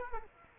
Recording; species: mosquito wingbeat signal from an infrared sensor; Culex quinquefasciatus